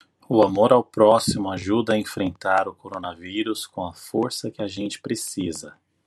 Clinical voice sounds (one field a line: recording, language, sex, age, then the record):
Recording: spoken sentence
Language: Brazilian Portuguese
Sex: male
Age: 40 to 49 years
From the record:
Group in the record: control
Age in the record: 41 years